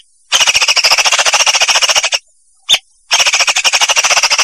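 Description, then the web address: Leafbird song: loud rapid rattling series of harsh repeated notes, broken by a silence and one sharp note before the rattle returns. Vietnam variety; training (masteran) recording used for tutoring birds. "cucakijo-vietnam masteran cucak-ijo"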